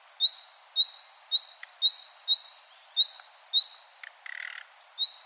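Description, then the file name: Common nightingale calls: sharp upslurred whistles repeated roughly twice per second, interrupted once by a brief dry rattling note. "Luscinia megarhynchos"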